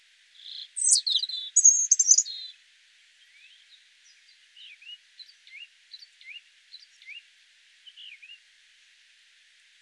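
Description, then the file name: European robin song: one bright, high warbling phrase of whistles and trills, followed by a string of soft, faint downslurred notes. "Erithacus rubecula"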